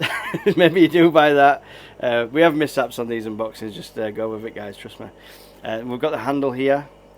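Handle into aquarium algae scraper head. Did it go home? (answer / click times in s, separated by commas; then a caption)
no / none. Someone talks while handling the plastic handle of an aquarium algae scraper, about to push it onto the other end of the tool. The clip is almost entirely speech with a chuckle, and nothing has seated or clicked yet.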